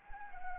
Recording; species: mosquito wingbeat signal from an infrared sensor; Anopheles arabiensis